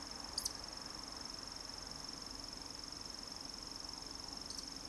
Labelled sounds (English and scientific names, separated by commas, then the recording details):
Eurasian Woodcock (Scolopax rusticola) whistle, Eurasian Woodcock (Scolopax rusticola) croak
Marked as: whistle, whistle, croak
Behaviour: display flight
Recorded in Baden-Württemberg, Germany, on 30 June 2020 at 20:30 UTC
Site 46046, 702 m above sea level